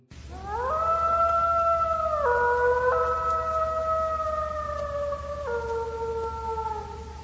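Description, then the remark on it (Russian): A long, drawn-out howl swells up in pitch, then holds steady for several seconds with a few abrupt shifts in tone, sounding loud over a constant low rumble. “И тут Самир услышал вой.”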